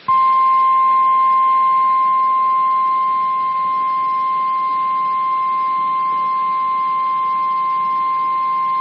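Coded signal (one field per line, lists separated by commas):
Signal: Emergency Alert System (SAME) tones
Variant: 1050 Hz attention tone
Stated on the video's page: Real Required Weekly Test alerts captured over one day.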